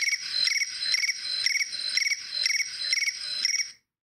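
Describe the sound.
Cricket chirping in quick bursts about twice a second, each a high, shrill trill, running steadily before stopping abruptly near the end.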